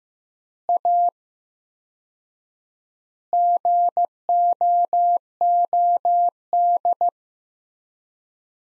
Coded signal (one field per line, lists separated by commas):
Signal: Morse code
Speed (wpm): 16 wpm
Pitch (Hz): 700 Hz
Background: none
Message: A GOOD